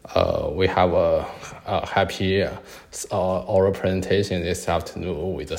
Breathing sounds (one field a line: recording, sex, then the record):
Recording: free speech after running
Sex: male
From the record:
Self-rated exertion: light exertion (2 of 6)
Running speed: 7 miles an hour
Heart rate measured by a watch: 108 beats a minute at the start, 107 at the end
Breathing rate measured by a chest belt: 15 breaths a minute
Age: 25 years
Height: 174 cm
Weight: 71 kg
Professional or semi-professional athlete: no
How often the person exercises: 3 to 5 times a week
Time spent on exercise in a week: 2 to 3 hours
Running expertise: no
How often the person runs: 1 to 2 times a week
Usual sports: running, swimming, badminton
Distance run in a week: 8 km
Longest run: 10 km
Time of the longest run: 48 minutes